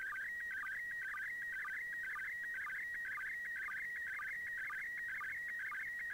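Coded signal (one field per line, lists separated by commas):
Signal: SSTV (slow-scan television)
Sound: warbling, chirpy tone that shifts pitch constantly, with short low sync blips at regular intervals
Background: radio static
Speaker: I'm gonna play a play basically a sound from that I captured from the ISS pass over doing that slow scan TV and I've got the mm SS TV software runnin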